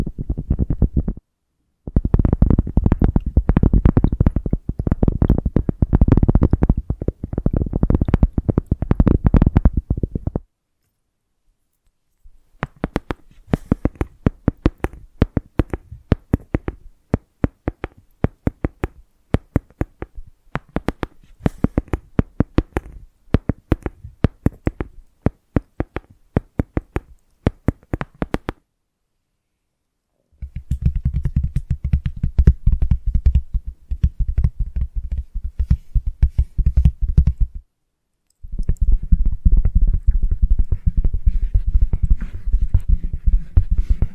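Invisible tapping and scratching in bursts separated by silences: dense low rubbing first, then quick sharp taps from 12 to 29 seconds, then soft low scratching.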